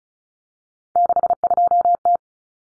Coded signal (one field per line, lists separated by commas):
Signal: Morse code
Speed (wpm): 34 wpm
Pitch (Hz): 700 Hz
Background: none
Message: 62T